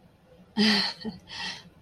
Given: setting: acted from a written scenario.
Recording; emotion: vocal sound without words; pride